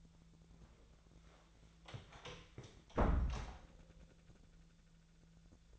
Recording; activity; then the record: daily activity, microphone in the room; close door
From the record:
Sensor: 3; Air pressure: 1000.5 hPa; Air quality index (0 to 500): 179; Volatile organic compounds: 4 ppm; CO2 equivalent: 1554 ppm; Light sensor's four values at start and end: 13/31/13/13 and 13/30/13/13